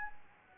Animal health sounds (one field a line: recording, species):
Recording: mosquito wingbeat signal from an infrared sensor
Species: Anopheles gambiae